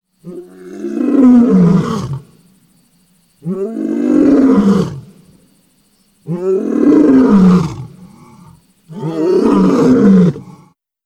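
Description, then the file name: Lion roaring, four long deep rasping roars, each swelling and then fading, spaced about three seconds apart with quiet gaps between them. "lew"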